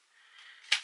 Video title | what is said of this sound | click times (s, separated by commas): Eachine Windmill E014 Drone Unboxing & App Overview Video | and then it should just click into place a little bit like that | 0.7 s